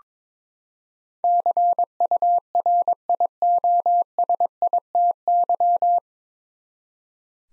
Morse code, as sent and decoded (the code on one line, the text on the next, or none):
-.-. ..- .-. .. --- ... .. - -.--
CURIOSITY